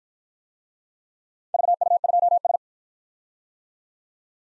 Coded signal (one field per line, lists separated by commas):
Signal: Morse code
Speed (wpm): 53 wpm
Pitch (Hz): 700 Hz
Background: none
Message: VU2S